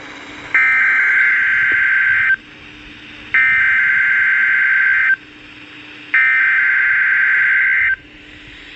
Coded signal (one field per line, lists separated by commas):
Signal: Emergency Alert System (SAME) tones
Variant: header bursts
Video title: Being Sick is always nice. (Not really.) | EAS Alerts from 6/17-19/25 | EAS#2,169-2,202